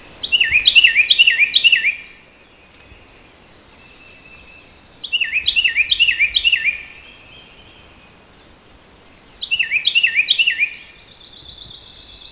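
Carolina wren song given three times, each a rapid rolling series of ringing whistled phrases, with quiet gaps and a faint high trill.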